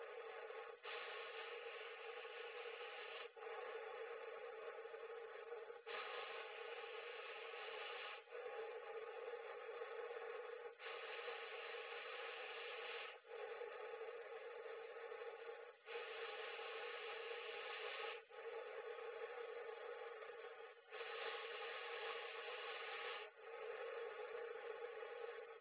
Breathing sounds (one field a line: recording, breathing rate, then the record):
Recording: paced breathing near a phone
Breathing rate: 12 breaths a minute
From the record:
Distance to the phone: 20 cm